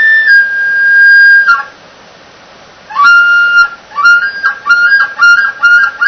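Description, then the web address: Elk bull bugle: a sustained high whistled note, a gap of about a second and a half, then a whistle that breaks into quick, repeated throaty chuckles. "bowsite. elkcontest elk 2001 soundfiles bull"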